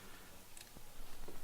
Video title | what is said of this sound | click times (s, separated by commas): TRS Honda Grom Billet Rearsets -msx 125- | you're gonna lock that right back into place okay once that locks into place you're | 0.6 s